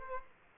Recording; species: mosquito wingbeat signal from an infrared sensor; Aedes aegypti